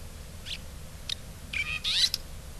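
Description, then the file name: Red-rumped swallow calls: two short high chirps, then a quick burst of scratchy twittering notes near the end, over faint low background rumble. In Hyogo. "koshiakatsubame. hyogo kaji"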